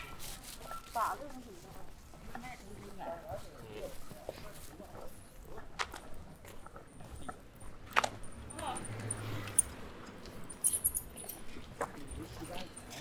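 In a narrow city alley on the way to a noodle shop, voices murmur, with a few sharp clicks and knocks around the eight- and ten-second marks. A dog may bark briefly, and faint high squeaks and a low rumble sit in the background.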